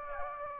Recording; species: mosquito wingbeat signal from an infrared sensor; Anopheles gambiae